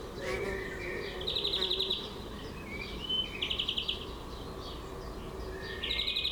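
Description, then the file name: European greenfinch song: quick trills repeated in bursts every couple of seconds, with twitters and a brief whistle between them over faint hum. "Chloris chloris"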